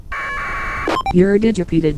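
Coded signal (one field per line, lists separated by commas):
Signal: packet radio (AX.25, as in APRS)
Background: speech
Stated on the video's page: APRS packets through the ISS UHF digipeater on a near-overhead pass, received on a Kenwood TH-D72A handheld and recorded.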